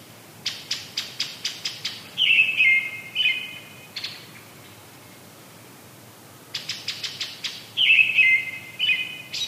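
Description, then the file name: Brown-headed thrush song: bursts of rapid ticking notes alternate with short, slightly descending warbled phrases, with the pattern heard twice. "akahara"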